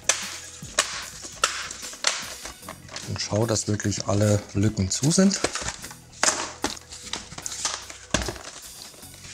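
Someone presses around the edges of a Lenovo ThinkPad L590's plastic bottom cover so its remaining clips snap into the laptop chassis, checking that every gap is closed. Sharp, evenly spaced clicks land at 0.1, 0.8, 1.4 and 2.1 seconds, with more sharp hits later while someone talks. The cover clips are seated.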